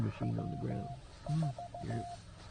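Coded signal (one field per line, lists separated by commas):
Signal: Morse code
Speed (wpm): 14 wpm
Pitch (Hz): 700 Hz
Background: speech, music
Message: W4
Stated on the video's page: CW Parks on the Air activation, transmitted on a Penntek TR45L radio powered by a 12 V battery.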